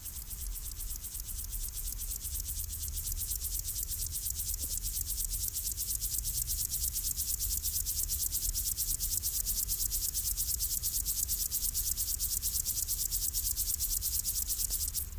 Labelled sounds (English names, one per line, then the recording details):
Upland Field Grasshopper stridulation
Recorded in the wild
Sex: male
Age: imago
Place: Hakenfelde, Spandauer Forst, Berlin, DE
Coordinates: 52.58, 13.17
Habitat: Waldwiese
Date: 1997-08-09 16:17
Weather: ca. 28°C, heiter
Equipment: Sony MD-WM MZ-R3, Sennheiser MKH 416 T, Kopie Uher 4000 Report Monitor
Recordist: Tembrock, Günter